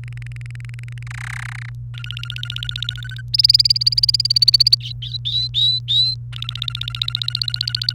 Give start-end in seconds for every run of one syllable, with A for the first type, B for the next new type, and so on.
0.04-1.03 A, 1.07-1.69 B, 1.94-3.21 C, 3.33-4.75 D, 4.80-6.15 E, 6.33-7.93 C